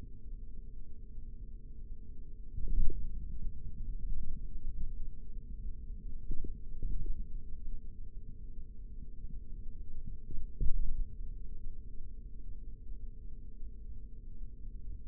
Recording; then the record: forearm muscle sounds (acoustic myography)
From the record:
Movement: index flexion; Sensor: system 3, bracelet of six PUI Audio POM-2738L microphones around the upper forearm, with dedicated amplification and filtering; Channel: 3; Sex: male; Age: 56 years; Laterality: right